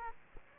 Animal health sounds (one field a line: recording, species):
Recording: mosquito wingbeat signal from an infrared sensor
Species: Aedes aegypti